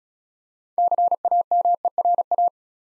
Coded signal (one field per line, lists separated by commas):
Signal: Morse code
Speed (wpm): 35 wpm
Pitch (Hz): 700 Hz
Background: none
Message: CAMERA